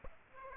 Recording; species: mosquito wingbeat signal from an infrared sensor; Aedes aegypti